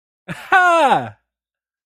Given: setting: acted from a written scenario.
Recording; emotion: vocal sound without words; positive surprise